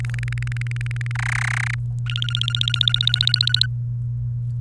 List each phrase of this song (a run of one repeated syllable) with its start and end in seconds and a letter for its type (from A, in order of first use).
0.00-1.12 A, 1.15-1.75 B, 2.06-3.66 C